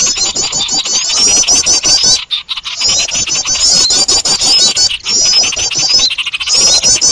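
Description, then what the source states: Birds in a loud chorus give shrill, fast twittering and chirps, with short pauses around two, five and six seconds. Noisy bird chorus used as a lure to attract birds.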